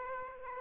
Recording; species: mosquito wingbeat signal from an infrared sensor; Aedes aegypti